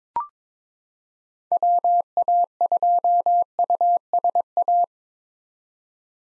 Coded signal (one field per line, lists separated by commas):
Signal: Morse code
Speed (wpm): 22 wpm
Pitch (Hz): 700 Hz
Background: none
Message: WA2USA